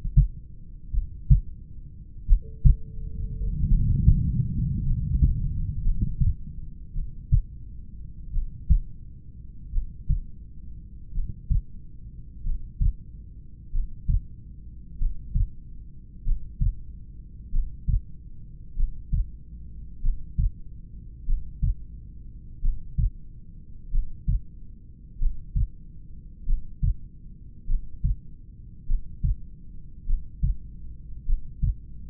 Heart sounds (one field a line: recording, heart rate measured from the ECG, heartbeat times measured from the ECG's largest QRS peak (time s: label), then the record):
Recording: heart sounds by stethoscope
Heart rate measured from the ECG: 47 bpm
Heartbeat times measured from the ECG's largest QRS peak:
0.96 s: heartbeat
2.31 s: heartbeat
3.72 s: heartbeat
4.88 s: heartbeat
5.86 s: heartbeat
6.98 s: heartbeat
8.36 s: heartbeat
9.76 s: heartbeat
11.17 s: heartbeat
12.47 s: heartbeat
13.76 s: heartbeat
15.02 s: heartbeat
16.28 s: heartbeat
17.55 s: heartbeat
18.79 s: heartbeat
20.05 s: heartbeat
21.29 s: heartbeat
22.65 s: heartbeat
23.94 s: heartbeat
25.22 s: heartbeat
26.49 s: heartbeat
27.70 s: heartbeat
28.90 s: heartbeat
30.10 s: heartbeat
31.29 s: heartbeat
From the record:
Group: heart failure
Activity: rest 0-7 s, Valsalva maneuver 7-32 s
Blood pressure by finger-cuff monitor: 90/64 mmHg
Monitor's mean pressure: 70 mmHg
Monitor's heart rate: 47 bpm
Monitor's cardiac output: 3.9 L/min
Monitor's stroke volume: 81 mL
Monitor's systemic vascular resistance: 1300 dyn s/cm5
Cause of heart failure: familial cardiomyopathy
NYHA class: 1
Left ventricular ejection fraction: 49%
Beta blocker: bisoprolol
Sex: male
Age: 31 years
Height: 194 cm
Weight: 96 kg